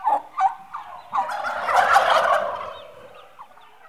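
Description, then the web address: Turkey calls: a few short yelps, then a loud rolling gobble that swells and fades over about two seconds, followed by a faint cluck. Domestic turkeys, livestock, several birds, eight months old. "The BBC Sound Effects Library. Turkeys 8 Months Old"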